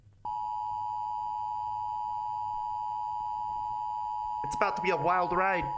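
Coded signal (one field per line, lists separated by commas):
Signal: Emergency Alert System (SAME) tones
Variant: 853 and 960 Hz attention tone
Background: speech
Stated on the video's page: EAS tones in an analog-horror fiction production.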